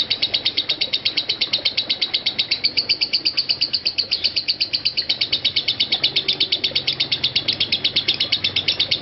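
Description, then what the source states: Lovebird singing a long, continuous run of rapid, shrill chirps with no pauses. Konslet song style.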